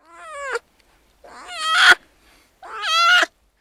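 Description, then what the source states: American black bear cub bawling, three harmonic wailing cries separated by brief silences. Cub; from an archive of black bear recordings.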